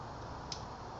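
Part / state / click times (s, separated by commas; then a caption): wire terminal into car wiring connector housing / seated / 0.5 s. A crimped terminal on a new fused wire is pushed into a connector housing in an Audi A4 B8 after the pink locking bar is slid back. Against steady low background noise, a single short, sharp click sounds at 0.5 s as the terminal seats. A tug on the wire confirms it is locked in and does not back out.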